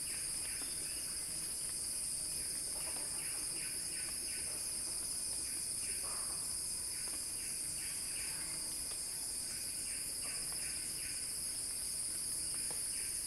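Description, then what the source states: Steady high cicada drone under short series of quick repeated chirps. Cicada song building in a crescendo.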